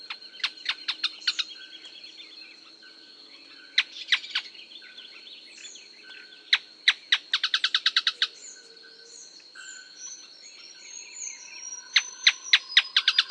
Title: LuckyPassaro Completos2Sama. Canebrake Groundcreeper (Clibanornis dendrocolaptoides)